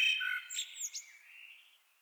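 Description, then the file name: Common blackbird song: a brief fluty phrase ending in thin, high twittering notes that fade into a soft trailing warble. "Turdus merula"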